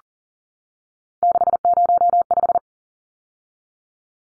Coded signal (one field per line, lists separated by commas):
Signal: Morse code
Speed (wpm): 40 wpm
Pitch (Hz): 700 Hz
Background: none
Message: 605